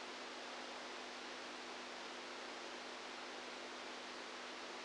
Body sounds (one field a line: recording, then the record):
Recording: brain microelectrode recording played as sound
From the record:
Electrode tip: outside the subthalamic nucleus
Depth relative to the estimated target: -8 mm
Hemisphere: right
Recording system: NeuroSet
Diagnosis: Parkinson's disease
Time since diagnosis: 10 years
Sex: female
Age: 67 years